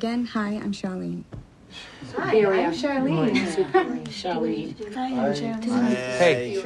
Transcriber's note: soundbite of crowd chatter